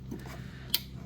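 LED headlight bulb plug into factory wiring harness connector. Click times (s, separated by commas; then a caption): 0.7 s. A LASFIT 130W H13 9008 LS Plus Series LED headlight bulb's plastic plug is lined up one-handed and pushed into the Jeep Gladiator's factory headlight wiring harness connector. After a soft rustle near 0.1 s, a single sharp click at 0.7 s marks the plug seating in place, before the locking tab is pushed in.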